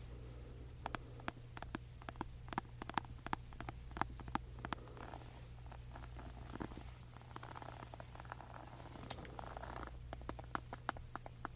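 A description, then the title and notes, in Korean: Scratching and tapping on a lamp, with frequent sharp, irregular taps and soft scraping over a steady low electrical hum throughout. 조명 스크래칭 , 탭핑.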